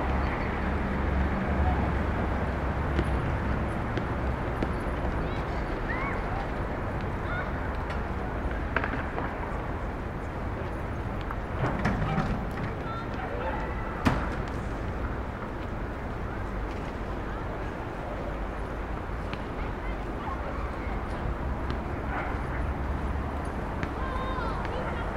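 A rooftop on Starr Street in Brooklyn carries a steady low city rumble, with murmuring voices, passing traffic and a sharp knock near fourteen seconds.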